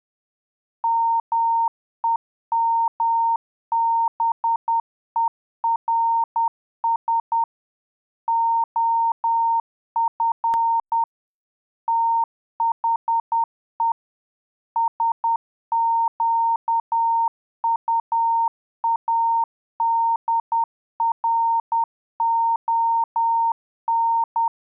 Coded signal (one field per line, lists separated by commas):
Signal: Morse code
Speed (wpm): 10 wpm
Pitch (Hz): 920 Hz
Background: none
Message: MEMBERS OF THE SQUADRON